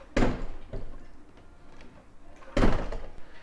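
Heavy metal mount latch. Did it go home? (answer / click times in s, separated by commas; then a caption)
yes / 0.2 s. A Bixpy J-2 kayak motor on a pole mount on an Old Town Sportsman PDL 120 is released from its cam lock and dropped into the lowered position, latching with a loud slam-like clunk at 0.2 s. A second heavy clunk follows at about 2.6 s. The mount locks into place, though it may need breaking in.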